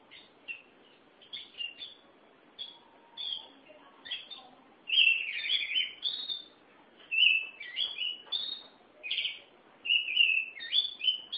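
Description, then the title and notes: Oriental magpie-robin song: varied whistled and slurred phrases, sweet notes and short warbles, delivered in bursts with brief pauses, growing louder toward the end. "Suara Kicauan Burung Kacer Durasi Panjang. Suara kicauan burung kacer format mp3 durasi panjang"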